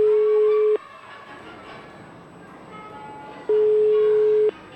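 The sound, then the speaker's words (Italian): A telephone ringback tone sounds twice, each a steady mid-pitched beep lasting about a second, separated by a few seconds of faint background hiss as the call goes unanswered and reaches voicemail. “Segreteria telefonica. Lo vedi, non risponde, non risponde.”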